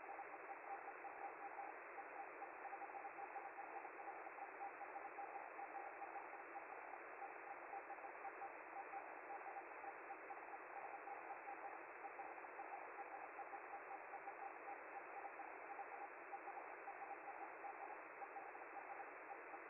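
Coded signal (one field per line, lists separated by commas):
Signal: Hellschreiber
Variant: Feld-Hell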